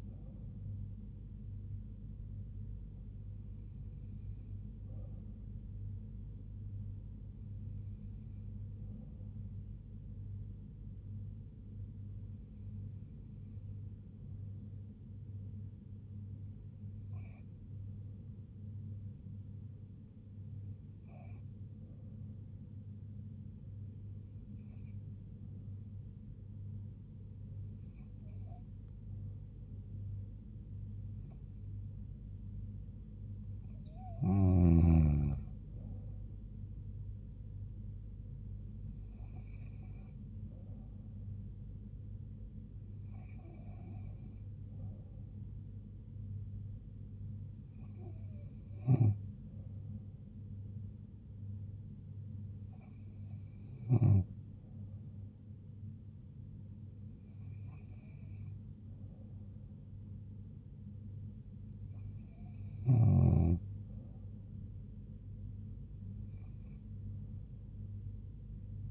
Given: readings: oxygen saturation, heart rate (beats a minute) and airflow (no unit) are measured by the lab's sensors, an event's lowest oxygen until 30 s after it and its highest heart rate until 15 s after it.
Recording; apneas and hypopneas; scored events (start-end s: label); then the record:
breathing in sleep by a smartphone at the bedside; 1
3.00-31.20 s: hypopnea (N2, oxygen 95% highest, then 93% lowest, heart rate 71 at the start, 76 highest)
From the record:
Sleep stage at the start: N2 (light sleep); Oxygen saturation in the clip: 93 to 95%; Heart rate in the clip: 69 to 76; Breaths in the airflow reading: 16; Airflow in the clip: -3.6 to 3.1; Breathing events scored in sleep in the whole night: 158 in 7.3 hours asleep